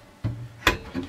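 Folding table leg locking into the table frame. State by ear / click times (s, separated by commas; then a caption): seated / 0.7 s. A folding leg of a Coleman hybrid camper trailer's dinette table is folded down and locks into the table frame. A dull low thump at about 0.2 s is followed by a single sharp, bright tick at 0.7 s, then a fainter knock near 1.0 s. The leg seats and locks into place at the 0.7 s click.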